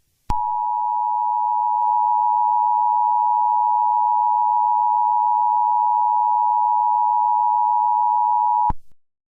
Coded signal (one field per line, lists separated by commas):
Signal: Emergency Alert System (SAME) tones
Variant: 853 and 960 Hz attention tone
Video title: EAS Scenario #9: Dinosaur Resurrection